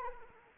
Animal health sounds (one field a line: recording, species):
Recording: mosquito wingbeat signal from an infrared sensor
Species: Anopheles arabiensis